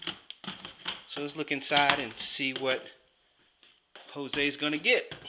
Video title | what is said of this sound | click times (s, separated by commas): HYDROPONIC BUBBLEPONIC DEEP WATER CULTURE GROW SYSTEM WITH AEROGARDEN TECHNOLOGY | and it also locks into place here | 0.3 s